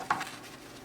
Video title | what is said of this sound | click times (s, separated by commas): DC Super Powers Action Figures - Batman - The Flash - Green Lantern - Superman | It kind of lightly snaps into place or fits over | 0.1 s